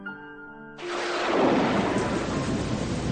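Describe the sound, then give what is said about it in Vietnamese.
A short held musical tone gives way to a sudden, loud wash of heavy rain. A deep rumble of thunder swells beneath the steady downpour, then settles. No one speaks. “Ả dìu mụ điên về lại quê nhà trong một ngày mưa tầm tã.”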